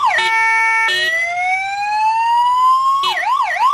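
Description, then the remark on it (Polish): A motorcycle ambulance siren sounds loudly on its own, shifting from a steady two-tone wail into a long rising sweep, then a fast warbling yelp at the end. “korki na ulicach i wtedy pojazd tego typu, a więc motoambulans jest rzeczą bezcenną.”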